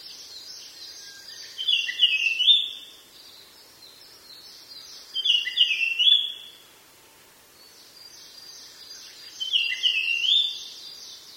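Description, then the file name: Japanese grosbeak singing a short, clear whistled phrase three times, a few seconds apart. "ikaru"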